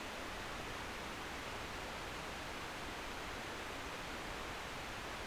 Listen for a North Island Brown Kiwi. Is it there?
no